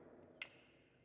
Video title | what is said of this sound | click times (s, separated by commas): Let's check out the new Grimburg Carry - I was pleasantly surprised! | Hear the click. And that's where you stop, guys. | 0.4 s